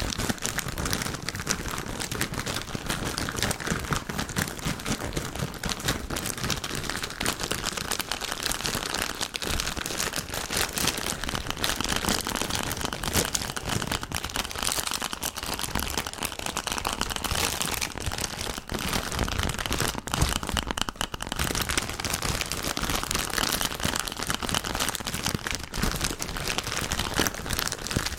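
Candy is eaten with dense, continuous crinkling of wrappers and crisp mouth sounds packed tightly together. The crackling stays loud and busy for the whole stretch, with rapid sharp clicks and rustles and no pauses, briefly dipping around twenty-one seconds.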